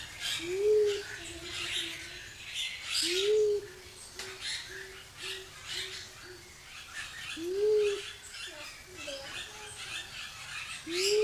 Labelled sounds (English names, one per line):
Mindanao Bleeding-heart call